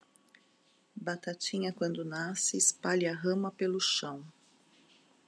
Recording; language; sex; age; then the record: short text; Brazilian Portuguese; female; 50 to 59 years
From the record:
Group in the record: control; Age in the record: 51 years